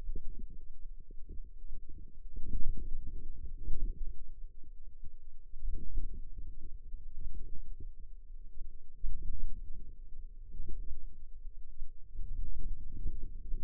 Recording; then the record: forearm muscle sounds (acoustic myography)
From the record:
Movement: outward rotation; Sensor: system 2, bracelet of six BSWA MPA416 microphones around the upper forearm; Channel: 2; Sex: female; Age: 21 years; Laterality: right